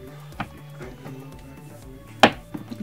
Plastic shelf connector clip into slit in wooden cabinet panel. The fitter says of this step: you hear a click with the tab with the tab